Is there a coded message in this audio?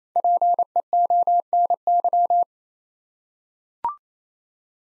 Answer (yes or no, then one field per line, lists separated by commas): yes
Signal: Morse code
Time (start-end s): 0.2-2.4 s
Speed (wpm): 27 wpm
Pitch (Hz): 700 Hz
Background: none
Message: PEONY